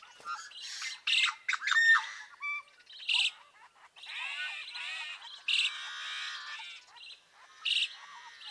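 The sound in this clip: Yellow-headed Blackbird song: loud harsh squawks and clicks opening into long wheezy, grinding buzzes, repeated several times.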